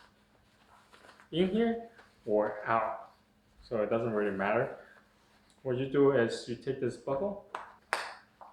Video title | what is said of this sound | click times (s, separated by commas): SUNVENO 3 in 1 Ergonomic Hip Seat Carrier | and you have to hear the clicking the clip sound to make sure that it's insecure | 7.9 s